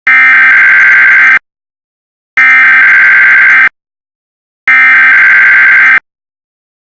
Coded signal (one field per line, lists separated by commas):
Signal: Emergency Alert System (SAME) tones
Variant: header bursts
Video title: EAS Red Flag Warning (EAS #14)